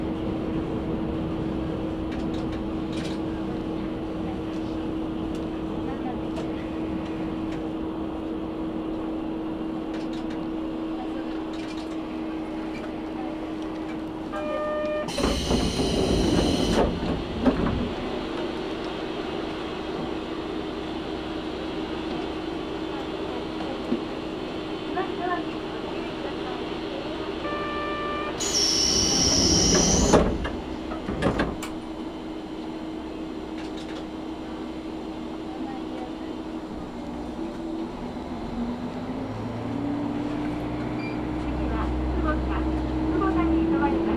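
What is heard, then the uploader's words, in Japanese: A train ride on the Karatsu and Nagasaki Main lines, with a constant low rumble and a steady hum running through the carriage. Two loud bursts break in around 15 and 29 seconds, the second carrying a bright squeal. Faint voices and small clanks sit underneath. 唐津線・長崎本線 佐賀→久保田→肥前山口。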